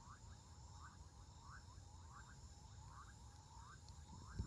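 Frog calls: a rapid stream of short rising, chirpy notes, several each second, over a heavy low rumbling background.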